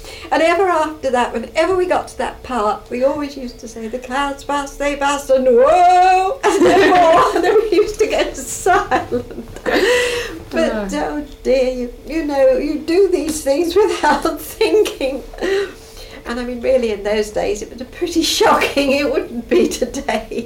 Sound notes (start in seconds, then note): 9.2 laughs; 13.8 laughs